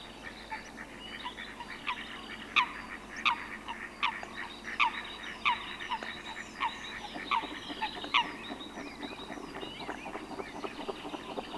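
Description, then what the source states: Eurasian Coot giving short abrupt calls in a repeated series, some louder and some faint, with fainter overlapping calls, against a busy hissing background. Field recording from Sweden.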